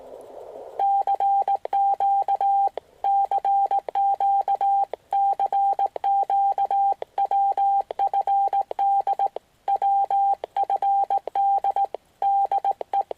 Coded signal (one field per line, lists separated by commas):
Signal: Morse code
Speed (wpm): 18 wpm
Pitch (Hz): 790 Hz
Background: none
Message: CQ CQ CQ WFD WFD DE